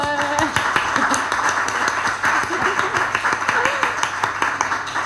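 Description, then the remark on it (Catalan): Steady audience applause for a guest professor at a book presentation in Barcelona fills the whole stretch, a dense rattle of many hands clapping at an even loudness, with faint voices murmuring underneath. “un fort aplaudiment per ella també.”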